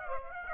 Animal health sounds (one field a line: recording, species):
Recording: mosquito wingbeat signal from an infrared sensor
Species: Aedes aegypti